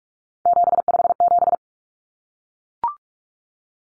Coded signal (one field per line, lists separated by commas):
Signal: Morse code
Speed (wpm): 44 wpm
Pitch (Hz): 700 Hz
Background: none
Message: 757